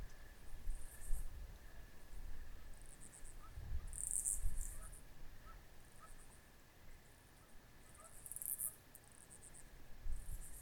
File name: crickets country field night with nearby raspy cicadas back